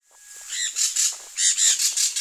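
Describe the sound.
Sun parakeet giving harsh, high screeching squawks in two bursts, several grating notes each, with a brief pause between.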